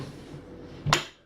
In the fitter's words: Locked in again. You can hear the click when it locks.